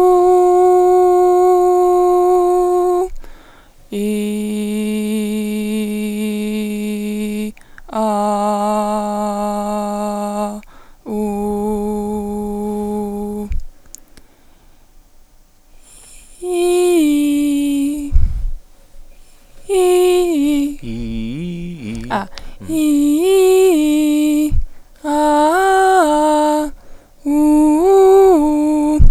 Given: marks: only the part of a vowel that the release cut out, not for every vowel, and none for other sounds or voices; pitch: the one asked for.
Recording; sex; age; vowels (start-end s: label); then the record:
sustained vowels; female; 20 to 29 years
0.23-2.36 s: vowel /u/, high pitch
4.27-7.20 s: vowel /i/, low pitch
8.24-10.22 s: vowel /a/, low pitch
11.40-13.19 s: vowel /u/, low pitch
22.86-24.21 s: vowel /i/, low-high-low pitch
25.16-26.50 s: vowel /a/, low-high-low pitch
27.38-28.82 s: vowel /u/, low-high-low pitch
From the record:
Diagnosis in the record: healthy voice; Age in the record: 20 years